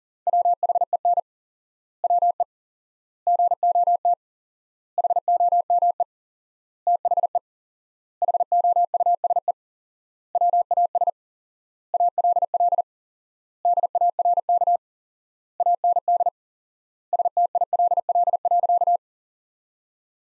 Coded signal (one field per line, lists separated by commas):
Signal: Morse code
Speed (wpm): 40 wpm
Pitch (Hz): 700 Hz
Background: none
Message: WHEN WE GOT HOME THE HOUSE WAS ALL DARK AND STILL.